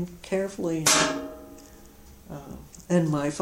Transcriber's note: pang from heater